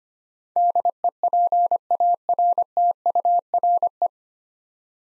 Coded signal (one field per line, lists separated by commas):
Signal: Morse code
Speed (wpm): 25 wpm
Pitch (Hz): 700 Hz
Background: none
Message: DEPARTURE